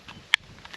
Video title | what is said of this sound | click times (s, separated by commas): Meet the Glock Killer... Springfield Echelon | here in audible click | 0.3 s